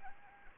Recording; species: mosquito wingbeat signal from an infrared sensor; Anopheles gambiae